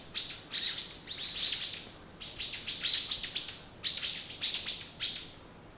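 Bird song: bursts of fast, high, sweeping chirps grouped in phrases, repeated with brief pauses between them.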